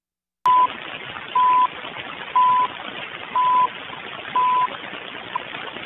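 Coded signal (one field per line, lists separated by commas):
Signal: radio time signal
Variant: CHU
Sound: shortwave hiss with five 1 kHz beeps, one per second, then a brief blip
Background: radio static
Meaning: Each tone marks one second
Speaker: Take a quick listen. This is the last few seconds of CHU and what happened afterward.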